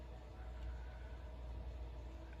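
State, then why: Not seated. An iPhone 7 screen's display flex cable is folded back over and its connector lined up with the logic board socket just before being pressed on. A steady low hum with faint handling noise runs throughout, and no one speaks. Nothing has clicked or seated yet.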